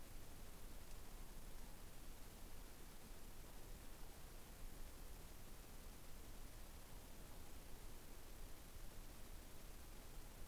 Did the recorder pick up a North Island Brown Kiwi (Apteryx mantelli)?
no